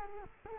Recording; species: mosquito wingbeat signal from an infrared sensor; Culex quinquefasciatus